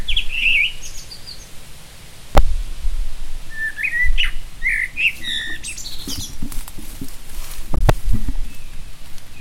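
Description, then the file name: Common blackbird delivering short, flute-like warbled phrases with scratchy high endings, punctuated by a couple of loud thuds and some soft tapping noises. "Turdus merula"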